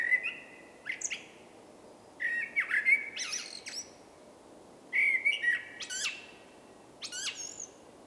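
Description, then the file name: Common blackbird song of short mellow whistles mixed with sharp high chirps and squeaky twitters, several brief phrases with short pauses. "Turdus merula"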